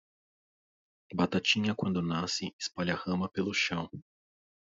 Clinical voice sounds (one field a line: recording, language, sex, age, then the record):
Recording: short text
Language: Brazilian Portuguese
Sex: male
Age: 30 to 39 years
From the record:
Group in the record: control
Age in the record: 33 years